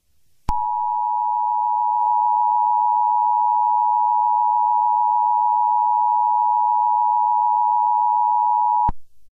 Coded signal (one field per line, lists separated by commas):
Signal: Emergency Alert System (SAME) tones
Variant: 853 and 960 Hz attention tone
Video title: Mini EAS SCENARIO: Red Moon